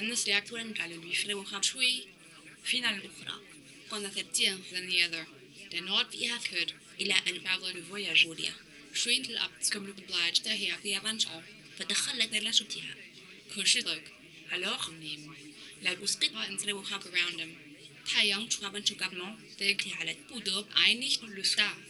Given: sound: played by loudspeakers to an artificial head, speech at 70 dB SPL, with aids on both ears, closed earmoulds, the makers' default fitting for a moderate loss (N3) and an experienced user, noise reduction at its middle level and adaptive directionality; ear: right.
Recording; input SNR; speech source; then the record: speech test signal (ISTS) in cocktail-party noise; +9 dB; in front (0 degrees)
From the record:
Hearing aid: class 2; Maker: J